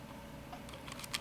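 A memory card is pressed into the push-push card slot of a POWERUCC PANORAMAⅡ Full HD LCD dashcam with a Sony Exmor sensor so that it springs back out. Faint clicks are heard at 0.9 and 1.0 seconds over a low steady background hum. The card is released and pops out of the slot.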